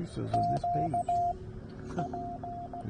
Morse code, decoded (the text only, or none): QP